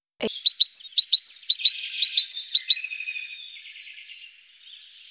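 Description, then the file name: Great tit song: a bright two-note phrase repeated many times in quick, even rhythm, ending in a softer rattling trill. "Kohlmeise"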